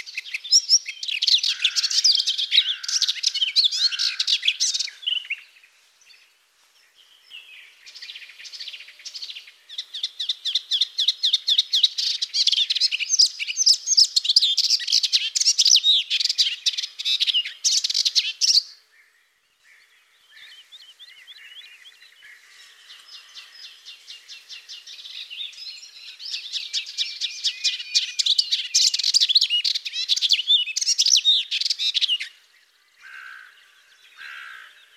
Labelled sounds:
Melodious Warbler (Hippolais polyglotta) song

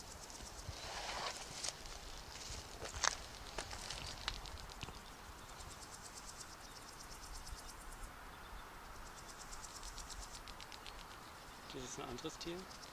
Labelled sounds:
Crackling Forest Grasshopper (Trimerotropis verruculata) wing sound

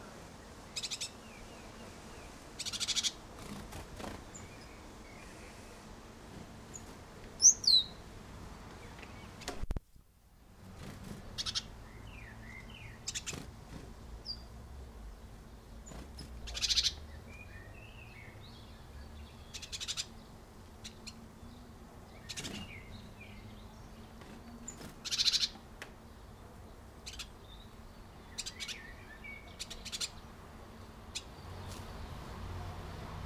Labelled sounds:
Great Tit (Parus major) call

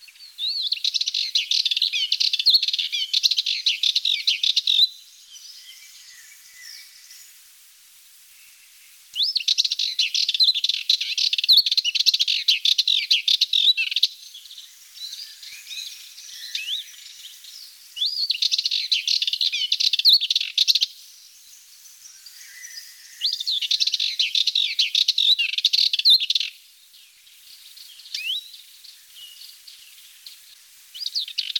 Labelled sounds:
Sardinian Warbler (Sylvia melanocephala) song

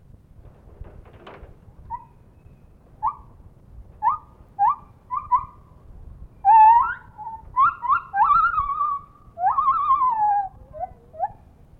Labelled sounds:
Lar Gibbon (Hylobates lar)

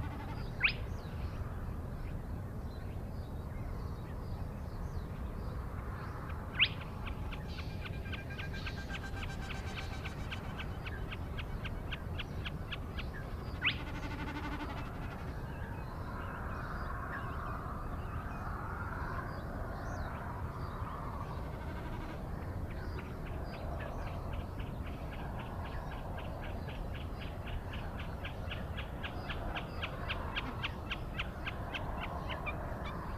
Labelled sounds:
Spotted Crake (Porzana porzana)

